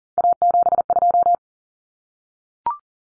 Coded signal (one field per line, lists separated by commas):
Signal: Morse code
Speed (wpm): 40 wpm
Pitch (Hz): 700 Hz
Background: none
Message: A72